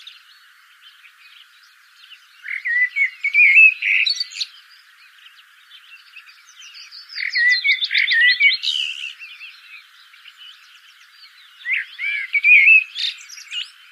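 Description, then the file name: Common blackbird singing three separate bursts of warbled, fluty phrases with scratchy high endings. "Turdus merula"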